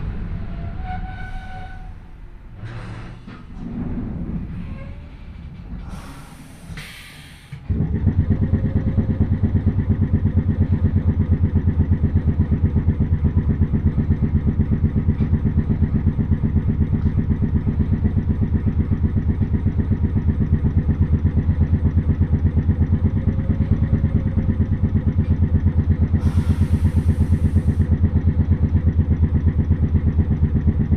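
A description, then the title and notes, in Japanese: A train with old-style nose-suspended traction motors sets off; after a quieter first stretch with scattered clunks and brief hissing bursts, a loud, steady low growl kicks in near eight seconds and holds throughout. Another short hiss appears around twenty-six seconds. 万葉線 高岡駅→越ノ潟。電車は吊りかけモーターなので中々の唸りをあげています。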